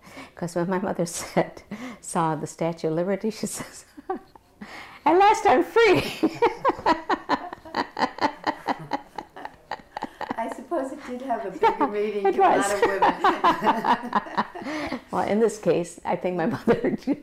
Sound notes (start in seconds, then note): 5.8 they laugh; 15.0 they laugh